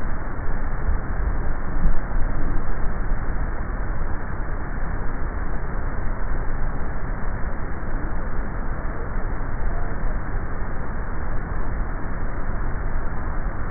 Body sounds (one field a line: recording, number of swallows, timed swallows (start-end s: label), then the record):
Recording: swallowing sounds by neck microphone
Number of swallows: 3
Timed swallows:
3.62-4.38 s: swallow
5.25-5.95 s: swallow
10.78-11.42 s: swallow
From the record:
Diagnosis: dysphagia